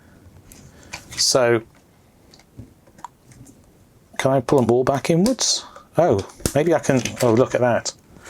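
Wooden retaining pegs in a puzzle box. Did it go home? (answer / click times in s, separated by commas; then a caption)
no / none. Wooden retaining pegs on a puzzle box are handled and pulled inward while someone talks, with small knocks and taps of the wood audible between the speech. Nothing has seated or clicked into place yet.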